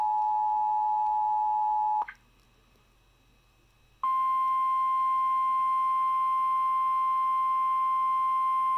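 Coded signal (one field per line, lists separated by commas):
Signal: Emergency Alert System (SAME) tones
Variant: 853 and 960 Hz attention tone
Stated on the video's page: Tornado warning tones from NWS Amarillo.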